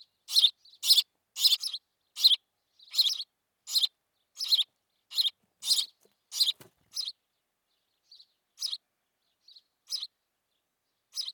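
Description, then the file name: House sparrow chirping rapidly at first, about two loud chirps a second, then slowing to sparse chirps in the second half. "Passer domesticus"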